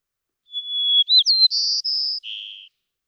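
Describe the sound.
White-crowned sparrow singing one full phrase: a steady high whistle, a brief warble, two buzzy trills, and a lower buzzy closing note.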